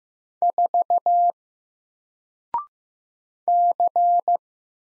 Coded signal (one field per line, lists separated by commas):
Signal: Morse code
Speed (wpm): 15 wpm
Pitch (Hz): 700 Hz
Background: none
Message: 4 C